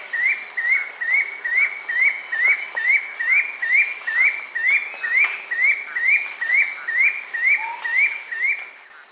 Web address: Natures Songs S America Eastern Lowlands Bucco tamatia, song